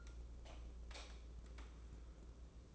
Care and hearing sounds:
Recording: daily activity, microphone in the room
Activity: light off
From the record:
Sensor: 1

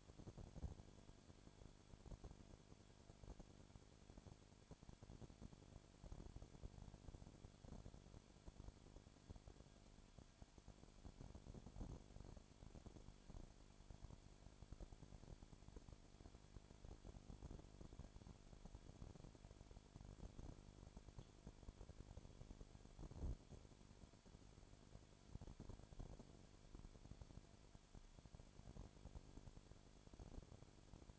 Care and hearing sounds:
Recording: daily activity, microphone in the room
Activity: no activity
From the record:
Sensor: 5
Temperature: 20.2 degrees Celsius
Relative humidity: 36.4%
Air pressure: 1001.2 hPa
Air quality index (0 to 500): 177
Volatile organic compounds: 4 ppm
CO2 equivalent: 1610 ppm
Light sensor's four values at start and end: 2/3/1/1 and 2/3/1/1

